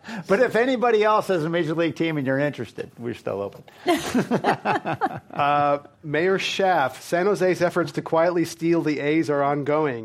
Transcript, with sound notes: But if anybody else has a major league team and you’re interested we are still open.
[Laughter]
Mayor Schaaf, San Jose’s efforts to quietly steal the A’s are ongoing,